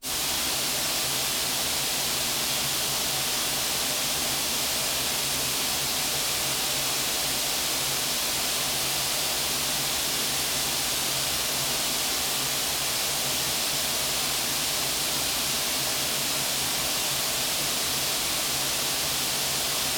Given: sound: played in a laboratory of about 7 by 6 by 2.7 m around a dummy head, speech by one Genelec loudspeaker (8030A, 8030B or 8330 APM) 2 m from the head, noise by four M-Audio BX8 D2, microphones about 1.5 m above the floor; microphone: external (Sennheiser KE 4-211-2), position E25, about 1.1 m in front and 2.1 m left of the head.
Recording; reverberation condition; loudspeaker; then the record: white noise; high; four, about 170 cm from the corners of the room and facing them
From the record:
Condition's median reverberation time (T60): about 1300 ms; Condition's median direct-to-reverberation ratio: about -4.0 dB